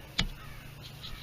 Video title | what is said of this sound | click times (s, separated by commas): How to repair a stuck/seized rear wiper motor.Mercedes Ml320,430.500 W163 | The 2 little slots go under the arm like that and pops into place. | 0.2 s